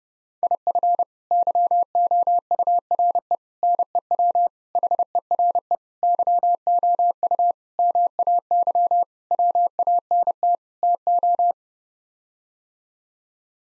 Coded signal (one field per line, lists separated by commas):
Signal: Morse code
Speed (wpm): 30 wpm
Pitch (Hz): 700 Hz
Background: none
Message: IF YOURE NEW HERE YOU MAY WANT TO